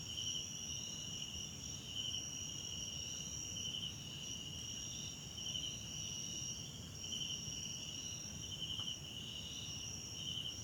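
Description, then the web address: Crickets producing an unbroken high trill, punctuated by pulsed chirp bursts about every one to two seconds, with low ambient rumble. Background crickets at night in a wetland park at Kosi Forest Lodge, South Africa. "Tonschliff - SOUTH AFRICAN CRICKETS BG South Africa Wetland Park Kosi Forest Lodge Night"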